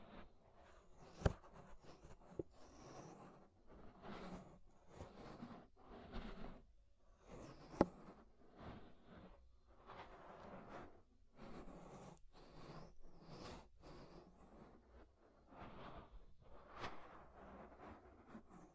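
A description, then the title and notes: Scraping inside and around the ear comes as a dense run of short rough bursts, brushy and scratchy, repeating every second or so with brief gaps. Sharp clicks stand out near 1 and 8 seconds, and a faint low rumble runs underneath. Inner and Outer Ear Scraping (No Talking).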